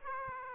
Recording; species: mosquito wingbeat signal from an infrared sensor; Aedes aegypti